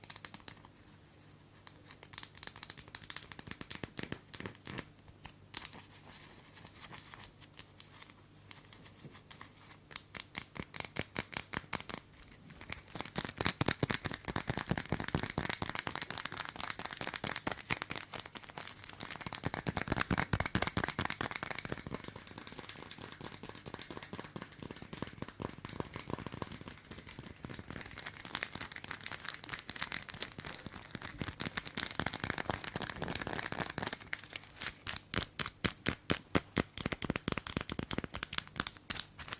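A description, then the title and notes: Long nails tap and scratch across a bar of soap, making dense, crisp crackles and clicks with no pause. The sound starts softer, then grows busier and brighter after about twelve seconds, with louder scraping bursts near 20 and 35 seconds. ASMR SOAP TAPPING AND SCRATCHING with Long Nails.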